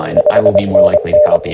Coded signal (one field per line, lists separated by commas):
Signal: Morse code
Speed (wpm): 23 wpm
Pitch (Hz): 600 Hz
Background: speech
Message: 5NN